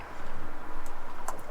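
A torque wrench tightens a bolt on the shift rod coupler or bushing area of a VW Baja Bug's shift rod linkage. Faint ticking runs over a low steady hum, and the wrench gives a sharp click at 1.3 s as it reaches its torque setting. The bolt is now torqued.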